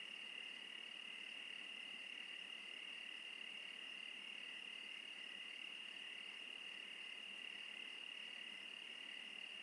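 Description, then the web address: Crickets produce a constant high-pitched ringing trill with gentle pulsing chirps at a steady rhythm, against faint background hiss. "sonniss-gdc-audio crickets- -crickets-interlude"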